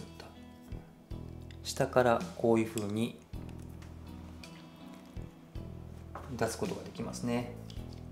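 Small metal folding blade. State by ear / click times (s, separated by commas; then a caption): not seated / none. A small Kellam Puukko long-blade folding knife has its blade swung open from below toward its locked open position while someone talks over background music, with a few faint handling ticks. The clip ends before the lock engages; nothing has seated or clicked yet.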